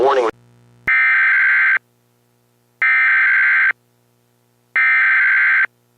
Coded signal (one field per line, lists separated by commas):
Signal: Emergency Alert System (SAME) tones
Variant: header bursts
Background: speech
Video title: noaacow's eas for the summer